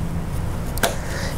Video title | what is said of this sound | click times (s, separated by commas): Dell PowerEdge R740 Server Memory Overview & Upgrade - How to Install Memory - Supported DIMMs | and those two clicks are the tabs clicking to the side pulling it down and make sure the leads have a nice | 0.8 s